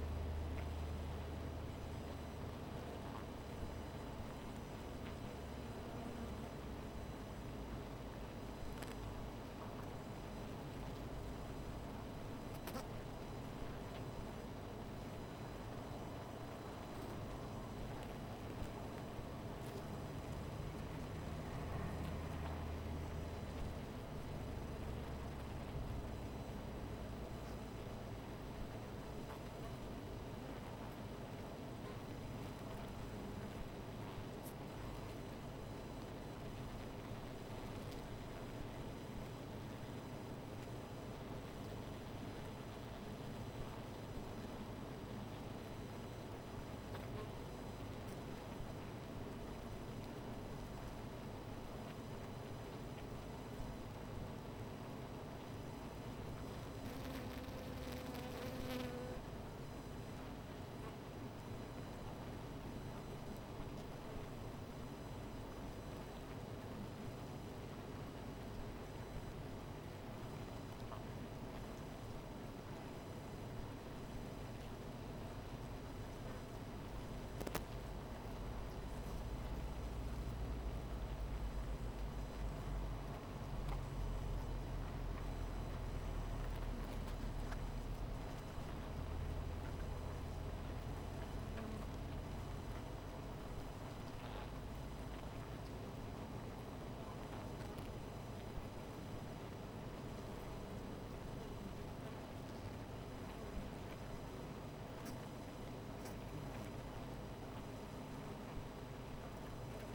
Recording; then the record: honeybee colony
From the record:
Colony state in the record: missing queen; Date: 14 July 2017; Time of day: 17:25